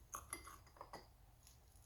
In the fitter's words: snaps right in there nice and easy